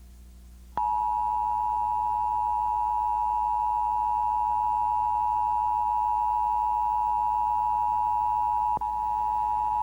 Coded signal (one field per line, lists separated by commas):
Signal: Emergency Alert System (SAME) tones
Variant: 853 and 960 Hz attention tone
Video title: EAS Monthly Test – State of Illinois (6/2/1998)